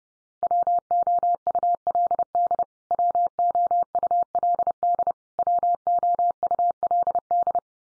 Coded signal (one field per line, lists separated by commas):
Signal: Morse code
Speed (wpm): 30 wpm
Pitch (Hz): 700 Hz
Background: none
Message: WOULD WOULD WOULD